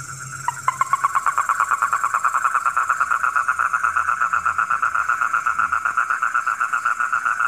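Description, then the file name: Frog call starting after a quiet moment, then a long run of rapid, regular pulses that swell and hold steady, with faint low rumble early on. Frogs heard at night. "suara kodok di malam hari"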